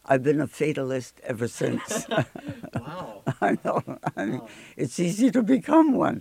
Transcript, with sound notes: I've been a fatalist ever since.
(he laughs) Wow.
I know. It's easy to become one.